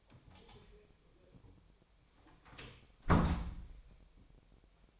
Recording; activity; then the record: daily activity, microphone in the room; close door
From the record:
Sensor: 1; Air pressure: 1007.6 hPa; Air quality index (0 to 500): 194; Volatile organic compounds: 18 ppm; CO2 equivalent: 2626 ppm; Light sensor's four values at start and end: 13/33/13/15 and 12/31/12/14